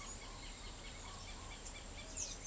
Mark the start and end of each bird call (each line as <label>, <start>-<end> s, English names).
Chestnut-winged Chachalaca, 0.00-0.63 s